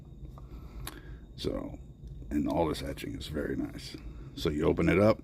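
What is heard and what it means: Someone talks while handling an aluminum replacement clamshell shell for a handheld game console, a Game Boy Advance SP style shell built with a donor board, shoulder buttons, volume and power parts. The shell is being opened toward its hinged open position, where the hinge detent clicks. The clip ends before that happens, so nothing has clicked or seated yet.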